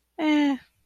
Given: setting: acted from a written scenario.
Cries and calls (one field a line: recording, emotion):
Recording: vocal sound without words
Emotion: neutral